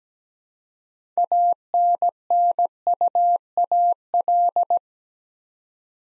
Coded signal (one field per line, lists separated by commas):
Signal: Morse code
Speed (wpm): 17 wpm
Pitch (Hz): 700 Hz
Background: none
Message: ANNUAL